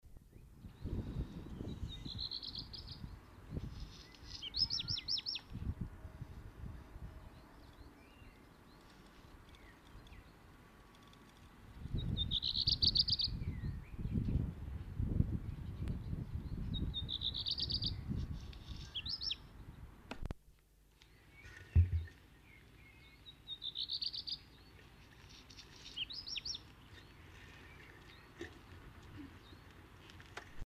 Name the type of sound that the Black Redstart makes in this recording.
song